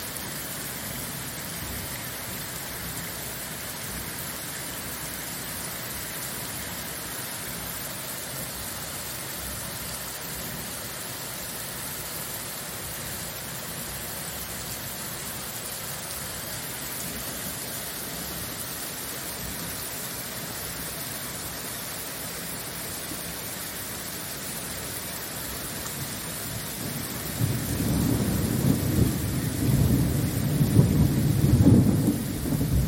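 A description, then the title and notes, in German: A thunderstorm: steady rain-like hiss for most of the time, then a deep rolling rumble of thunder swells from about 27 seconds. Gewitter.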